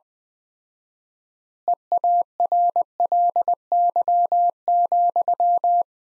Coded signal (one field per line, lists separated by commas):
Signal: Morse code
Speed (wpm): 20 wpm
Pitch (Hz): 700 Hz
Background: none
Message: EARLY,